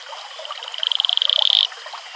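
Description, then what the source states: Atelopus franciscus makes one short high trill of quickening pulses that swells in loudness before ending suddenly, over a faint background hiss. Male advertisement call.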